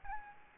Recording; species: mosquito wingbeat signal from an infrared sensor; Aedes albopictus